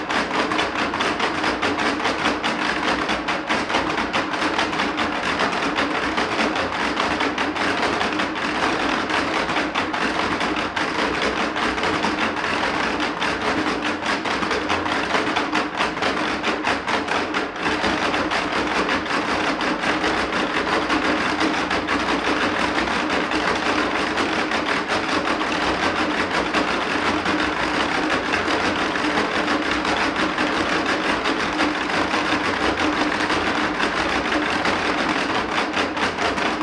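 A field recording from the Basque Country, filled with a dense, steady wash of sound that barely changes over the whole stretch. It sounds like continuous crackling or rushing texture, perhaps vehicle or engine noise, with faint taps and soft thuds scattered throughout.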